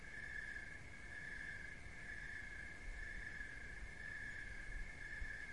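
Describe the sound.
Cricket trill running seamlessly throughout, with some deeper rumbling noise in the background.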